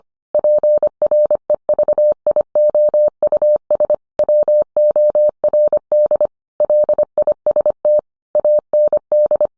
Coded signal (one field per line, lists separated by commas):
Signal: Morse code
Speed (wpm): 25 wpm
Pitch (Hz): 600 Hz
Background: none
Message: PREVIOUS WORD LIST AND